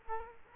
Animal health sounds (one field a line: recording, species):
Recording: mosquito wingbeat signal from an infrared sensor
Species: Culex quinquefasciatus